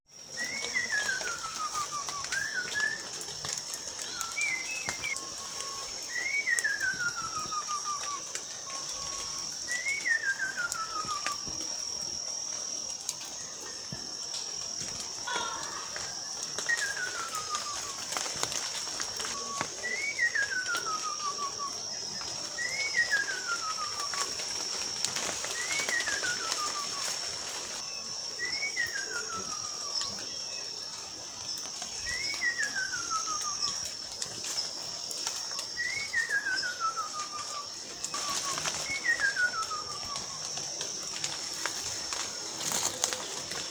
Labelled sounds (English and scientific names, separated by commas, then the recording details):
Blue-shouldered Robin-chat (Cossypha cyanocampter)
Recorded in Bwindi, Uganda